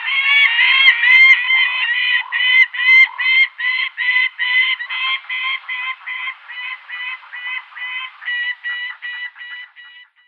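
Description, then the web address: Gyrfalcon nestling calls: harsh, rasping squeals with rich harmonics, repeated rapidly at about two to three per second and gradually fading toward the end. "Gyrfalcon"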